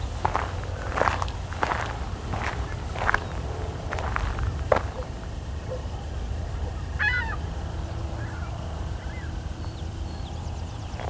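Evening birdsong over a steady low rumble: footstep-like crunches fill the first five seconds, then a bird's quick chirps around seven seconds and faint calls near the end.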